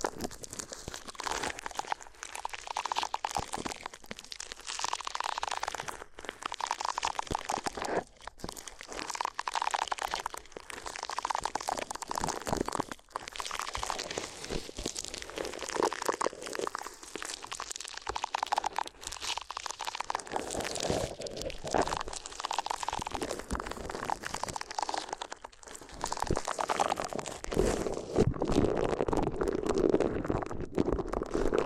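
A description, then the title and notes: Paper is crinkled and crunched almost without pause, a dense run of crisp crackles that stays bright and busy throughout. The rustling swells and eases in short waves every second or two, with a few brief near-silent gaps around 8, 13 and 26 seconds. ASMR If You Had Paper Ears (No Talking).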